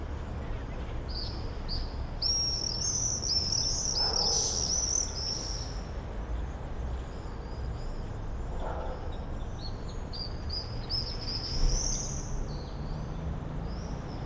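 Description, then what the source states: Common swifts screaming in shrill, high trills, a loud burst early and another later, with fainter overlapping screams throughout and a low background hum. Summer evening in a backyard in Bytom, Poland; many swifts circling; recorded with Zoom F4 and AT BP4025.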